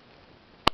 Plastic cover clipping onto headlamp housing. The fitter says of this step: вверх щелки защелкивается. Вроде нормально.